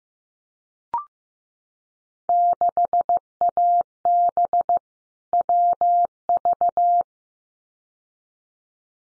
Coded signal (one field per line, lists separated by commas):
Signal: Morse code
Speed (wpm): 15 wpm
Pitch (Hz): 700 Hz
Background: none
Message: 6AB WV